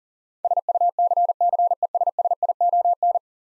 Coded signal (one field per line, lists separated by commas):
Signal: Morse code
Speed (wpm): 40 wpm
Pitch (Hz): 700 Hz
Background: none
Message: SUCCESSION